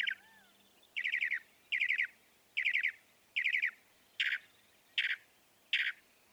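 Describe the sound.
Northern mockingbird song, repeated burry trilled phrases roughly every second, then three harsh notes.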